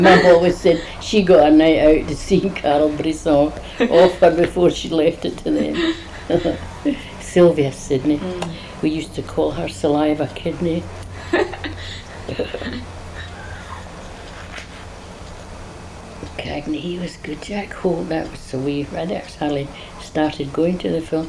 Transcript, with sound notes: And my mum always said, she got her night out to see Carl Brisson off her before she left it to them. [laughs] Sylvia Sidney.
Mhm.
We used to call her Saliva Kidney. [laughs] Cagney, he was good. Jack Holt, that was away, I'd hardly started going to the films.